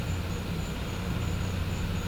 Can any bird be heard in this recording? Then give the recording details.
no. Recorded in pastures near Puerto Asís, Putumayo, Colombia, on 21 December 2024 at 15:30. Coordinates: 0.505, -76.324. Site G063